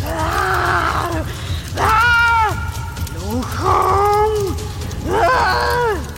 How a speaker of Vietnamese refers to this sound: Tiếng gào thét của nó không còn là tiếng mèo kêu ngao ngao nữa, mà là như tiếng còi tàu hú, thê lương và đau đớn tột cùng.